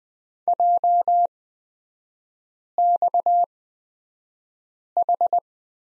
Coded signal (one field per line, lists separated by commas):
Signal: Morse code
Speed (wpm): 20 wpm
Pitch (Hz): 700 Hz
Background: none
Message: JXH